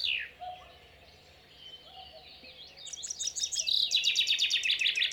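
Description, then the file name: Common chaffinch: a high note sliding downward, a quiet stretch, then from about three seconds a fast, loud run of sharp repeated notes. "Fringilla coelebs"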